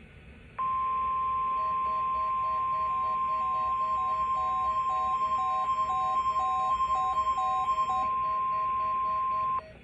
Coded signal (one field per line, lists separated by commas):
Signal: Emergency Alert System (SAME) tones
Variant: 1050 Hz attention tone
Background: music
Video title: 8/17/21 Required Weekly Test (EAS #97)